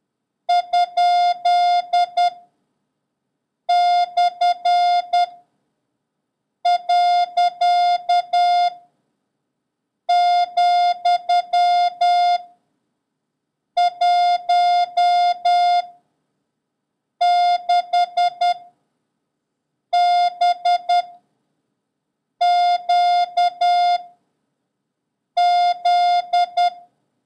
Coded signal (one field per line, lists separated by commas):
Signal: Morse code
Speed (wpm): 10 wpm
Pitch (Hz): 710 Hz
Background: none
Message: ? / . , 1 6 B Q Z